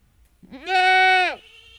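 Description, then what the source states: Domestic goat kid bleat: a single steady, harmonic-rich cry that rises briefly at the start, holds level and stops abruptly. Kid calling for its mother, which is tethered on a chain, in a farmyard.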